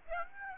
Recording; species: mosquito wingbeat signal from an infrared sensor; Aedes aegypti